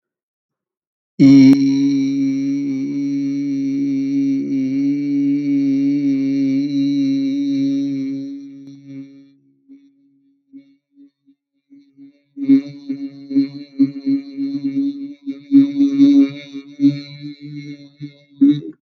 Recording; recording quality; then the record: sustained vowel as in beet; excellent, no background noise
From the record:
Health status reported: healthy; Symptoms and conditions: none ticked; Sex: male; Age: 57 years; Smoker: not ticked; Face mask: not worn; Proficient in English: yes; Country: India